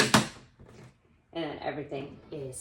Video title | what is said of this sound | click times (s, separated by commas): Organize Your Medicine Cabinet with THIS Portable 3-Tier Box! | and then snap it | 0.1 s